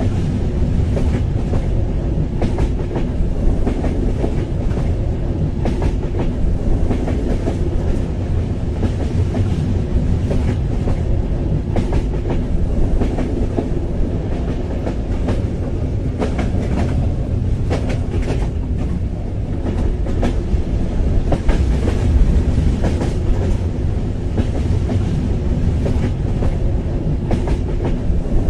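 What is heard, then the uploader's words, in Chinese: A train ride heard from inside, with a steady low rumble, rhythmic clickety-clack of wheels, and frequent light rattles throughout. 助眠火车之旅丨白噪音。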